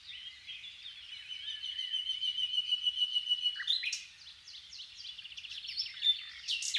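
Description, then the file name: Common nightingale song: a long steady whistled note, then a run of rapid chirping, buzzy phrases. "Luscinia megarhynchos"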